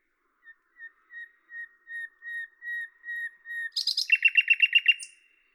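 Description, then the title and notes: Common nightingale song: a series of pure whistled notes on one pitch, swelling louder, then a sharp high burst and a fast, rattling trill before a final high note. Recorded at Lavours, France, on 10/05/1998 with a Tascam DAP-1 and Télingua microphone, processed in Samplitude 5.1. "D83, 01350 Lavours, France - rossignol à LAVOURS. 10/05/1998 Tascam DAP-1 Micro Télingua, Samplitude 5.1"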